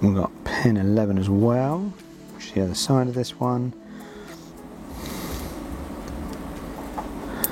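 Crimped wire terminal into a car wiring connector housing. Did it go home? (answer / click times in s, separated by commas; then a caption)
yes / 7.4 s. A crimped wire terminal is pushed into pin 11 of a plastic car wiring connector housing while someone talks over a low background hum. It latches with a sharp little click at 7.4 s, and the terminal is seated.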